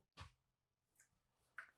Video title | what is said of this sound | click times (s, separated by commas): 2026 Newmar Canyon Star Operational Overview | And it automatically locks into place. | 1.6 s